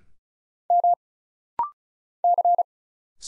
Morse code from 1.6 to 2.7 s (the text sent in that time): C